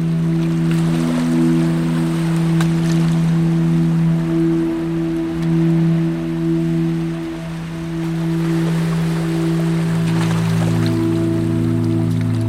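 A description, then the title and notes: Sustained low tones of sleeping music hum steadily throughout, layered drones that shift pitch slightly around five to seven seconds and again near ten. Beneath them, a soft wash of sea waves rises and falls, swelling brighter around two seconds and again toward the end. Relaxing sea waves sounds with 432 Hz sleeping music for deep sleeping.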